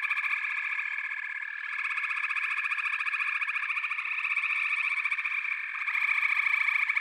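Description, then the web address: Frog chorus: dense, continuous pulsed trilling from many frogs in a band of bright tones, steady throughout with a slight swell near the end. A chorus of frogs calling together. "The Natural Sounds of the Wilderness. Echoes of Nature - Frog Chorus"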